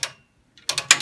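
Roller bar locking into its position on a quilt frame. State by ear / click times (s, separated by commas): seated / 0.9 s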